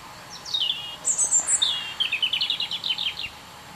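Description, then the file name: European robin song: a descending thin whistle, a very high trill, then a rapid run of sweet, stuttering notes. "Erithacus rubecula"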